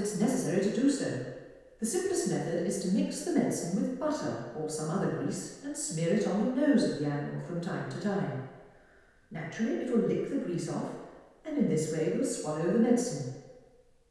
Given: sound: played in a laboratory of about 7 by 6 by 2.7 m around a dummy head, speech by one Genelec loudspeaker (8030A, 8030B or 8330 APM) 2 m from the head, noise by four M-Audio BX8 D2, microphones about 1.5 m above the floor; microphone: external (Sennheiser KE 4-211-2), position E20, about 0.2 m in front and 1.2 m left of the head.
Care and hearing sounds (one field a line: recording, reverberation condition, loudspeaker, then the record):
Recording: female speech in English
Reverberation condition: high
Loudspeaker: behind (180 degrees)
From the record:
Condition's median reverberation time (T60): about 1300 ms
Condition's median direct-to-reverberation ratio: about -4.0 dB